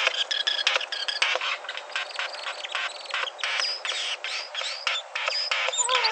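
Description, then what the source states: Regent Bowerbird uttering rapid scratchy clicks and rasps, with short squeaky whistles in the latter part, irregular and grating. Male bowerbird that exhausts himself for his female and builds a beautiful bower; voice likened to a cat or a reptile.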